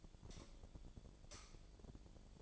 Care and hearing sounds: daily activity, microphone in the room; light off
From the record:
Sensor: 5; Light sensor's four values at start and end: 181/460/190/205 and 181/459/190/205

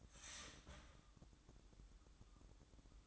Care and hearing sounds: daily activity, microphone in the room; start toaster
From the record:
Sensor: 3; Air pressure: 1007.3 hPa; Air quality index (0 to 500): 56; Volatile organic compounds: 1 ppm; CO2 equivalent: 598 ppm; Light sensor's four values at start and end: 7/17/7/7 and 7/17/7/7

